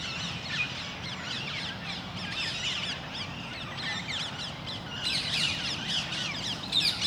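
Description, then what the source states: Parakeets giving a dense flurry of sharp, screechy high calls, growing busier and louder toward the end, with low background hum. Parakeets in Parc Duden, Forest, Brussels, Belgium, just before nightfall; recorded with Zoom MicTrak M4 internal XY microphones.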